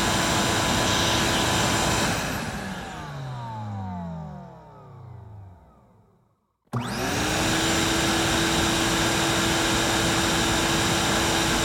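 A vacuum cleaner runs with a steady, dense whoosh and a constant mid-pitched whine. Around two seconds in it is switched off and winds down, its pitch sliding lower until near silence at six seconds, then it starts again abruptly and resumes its even roar.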